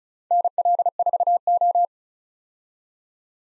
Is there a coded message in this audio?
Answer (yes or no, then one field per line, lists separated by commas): yes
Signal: Morse code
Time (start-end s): 0.3-1.9 s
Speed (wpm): 36 wpm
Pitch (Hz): 700 Hz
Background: none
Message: NL4O